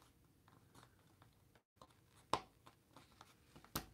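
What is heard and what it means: A shifting wooden part is pushed into the frame of an Ugears 70171 Pickup Lumberjack plywood pickup truck model, with soft rustling and handling noise throughout. A sharp click lands at 2.3 s, followed by another loud snap near 3.8 s. The part looks inserted but is only partly seated, not all the way in.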